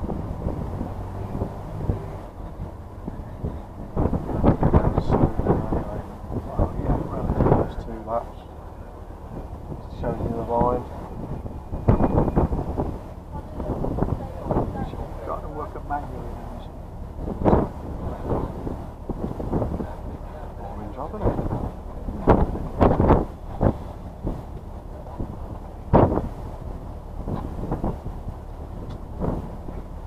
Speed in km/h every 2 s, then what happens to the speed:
6, 5, 5, 3, 3, 3, 2, 0, 0, 0, 0, 0, 0, 0, 0.
0-11 steady at about 3. 11-30 standing.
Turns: none.